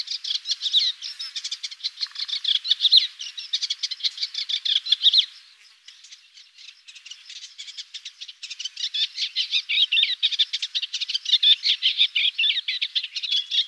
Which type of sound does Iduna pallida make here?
song